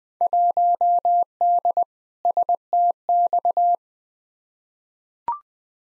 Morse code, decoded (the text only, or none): 1D STX